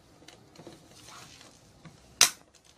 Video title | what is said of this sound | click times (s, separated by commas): Vertical IPL SHR Elight machine with 2 handles. Mary: 0086-15732055862 | when you hear the clunk, that means the handpiece has been installed well. | 2.2 s